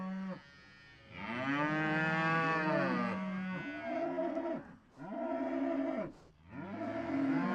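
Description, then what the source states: Cow breathing in long moaning groans after a quiet start, with brief quieter gaps between later breaths. Cows breathing on the microphone.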